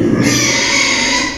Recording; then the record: squeal of a Yucatan mini pig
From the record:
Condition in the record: before surgery on the right vocal fold (resection and tissue-engineered implant); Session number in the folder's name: 2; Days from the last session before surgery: 0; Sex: male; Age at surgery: 12 weeks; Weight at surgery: 13 kg